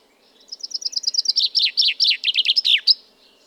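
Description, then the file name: Common chaffinch singing a brisk cascade of bright notes that drops in pitch through several phrases before a final sharp flourish. "Fringilla coelebs"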